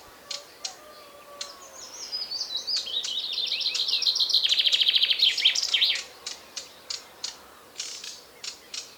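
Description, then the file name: Common chaffinch song: a descending run of notes leading into a dense rattling trill, followed by a series of short, sharp clicks. "Fringilla coelebs"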